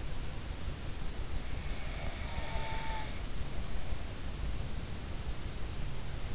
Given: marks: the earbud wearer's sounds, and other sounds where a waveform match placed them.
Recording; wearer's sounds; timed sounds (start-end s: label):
sounds in sleep by an in-ear microphone; snoring breath
1.69-3.94 s: snoring breath